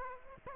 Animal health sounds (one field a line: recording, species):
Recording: mosquito wingbeat signal from an infrared sensor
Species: Aedes aegypti